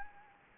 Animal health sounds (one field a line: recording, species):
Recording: mosquito wingbeat signal from an infrared sensor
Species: Anopheles gambiae